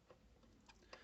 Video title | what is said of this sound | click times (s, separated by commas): Monogram 1/48 F-14A Tomcat Part 3 | and eventually it snapped into place you can see the glue marks and again i had to sand that square down | 0.9 s